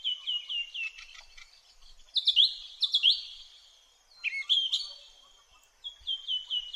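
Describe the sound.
Song thrush singing clear, fluty high notes, each short phrase repeated several times before switching to a new figure.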